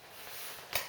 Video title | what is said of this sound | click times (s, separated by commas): Assembly Instructions for EVO Integra | you should find that it all clicks together. | 0.8 s